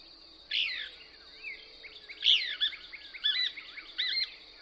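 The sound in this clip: Couch's Kingbird giving slurred, wavering high notes that build into a rapid twittering run, over a faint constant high whine.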